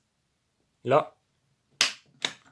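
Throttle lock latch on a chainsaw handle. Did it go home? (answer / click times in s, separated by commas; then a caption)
released / 1.8 s. On a McCulloch 4528 chainsaw, the half-throttle fast-start lock latch on the handle is released after someone talks briefly. The throttle mechanism snaps back to its initial position with a sharp click at 1.8 s, followed by a fainter tick.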